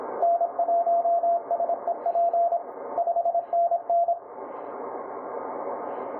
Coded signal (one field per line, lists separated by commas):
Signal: Morse code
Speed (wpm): 26 wpm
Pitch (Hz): 680 Hz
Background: radio noise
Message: N1SEP 5NN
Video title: Working PJ2ND with 100 mw on 20 CW (CW annotated)